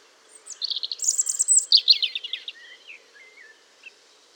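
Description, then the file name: European robin song, a rapid tumbling phrase of bright, high twitters and trills that fades into a few softer, lower whistled notes. "Erithacus rubecula"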